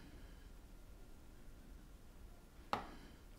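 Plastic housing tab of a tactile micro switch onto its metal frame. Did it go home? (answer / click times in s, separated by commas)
yes / 2.7 s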